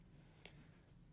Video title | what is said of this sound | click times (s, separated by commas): How to install Rollout Drawers | Once you hear it click into place, | 0.5 s